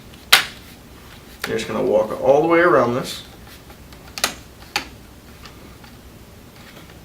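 A plastic clip on the LCD bezel of an HP Chromebook G4 EE snaps into the laptop's display lid with a loud, sharp click at 0.3 s while the bezel is worked around the edge, seating the clip. Someone then talks, and a few softer clicks follow around 4.2 s and 4.8 s.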